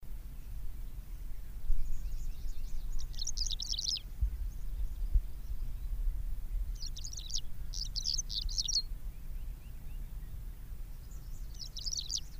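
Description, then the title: Javan bush lark giving several dense, buzzy, scratchy high-pitched bursts a few seconds apart, set against a continuous low rumble. "Suara Burung Branjangan"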